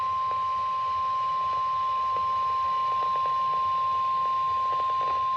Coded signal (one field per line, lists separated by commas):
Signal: Emergency Alert System (SAME) tones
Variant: 1050 Hz attention tone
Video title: 6/9/25 Severe Thunderstorm Warning for Harris County (EAS #2)